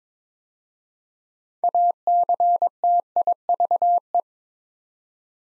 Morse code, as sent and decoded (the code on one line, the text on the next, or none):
.- -.-. - .. ...- .
ACTIVE